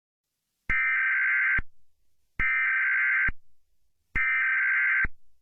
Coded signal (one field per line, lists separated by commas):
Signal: Emergency Alert System (SAME) tones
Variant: header bursts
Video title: EAS Short Scenario 11 - E25 Virus